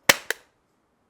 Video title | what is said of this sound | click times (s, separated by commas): Kase Revolution Plus Filters Update And How I Use Them (ATS 379) | You have to kind of press it in. You have to give it a hard, but it clicks right into place and locks and won't come off. | 0.1 s, 0.3 s